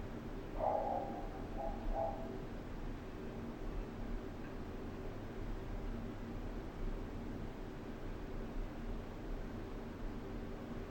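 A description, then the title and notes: A dog barks, muffled, as if heard through ventilation: two short, dull bursts come within the first two seconds. After that only the steady rush of the vent remains, a constant airy hiss over a low mechanical hum that never changes. Dog Bark Through Ventilation. Our house has a building wide ventilation system. With loads of echoes, reverbs and various other sounds. Zoom h6 XY module.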